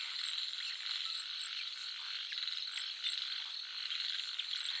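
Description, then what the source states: Frogs giving a dense chorus of fast, pulsing croaks, with a high continuous insect buzz and short chirps popping up throughout. Jungle nature soundscape of frogs and crickets.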